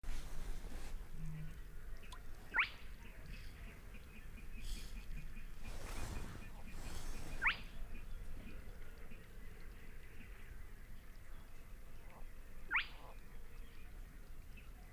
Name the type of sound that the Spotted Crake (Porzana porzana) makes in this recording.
song